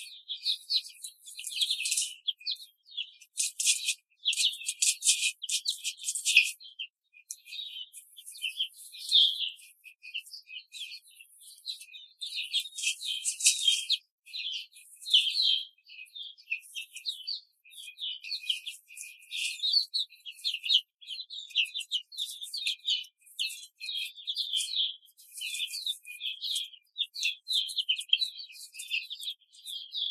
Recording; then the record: young laying hens in a cage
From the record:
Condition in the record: control cage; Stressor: none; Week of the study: 5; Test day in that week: 1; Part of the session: 1